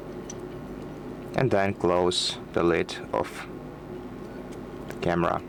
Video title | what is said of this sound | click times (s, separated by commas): How to Format the SD Card on Your GoPro Mission 1 Pro | it inside until it clicks, | 0.3 s